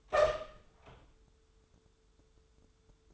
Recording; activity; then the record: daily activity, microphone in the room; open door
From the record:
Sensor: 3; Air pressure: 1015.2 hPa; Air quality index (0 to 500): 171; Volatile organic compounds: 14 ppm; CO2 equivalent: 2452 ppm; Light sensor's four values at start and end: 15/38/15/16 and 14/37/15/16